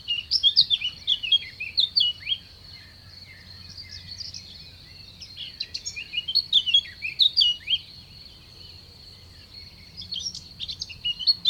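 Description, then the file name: Bird chirping in quick bursts of sharp, twittering notes, pausing briefly between bursts, over a steady high-pitched whine and a faint low rumble. Recorded at Sonnaz. "oiseau sonnaz"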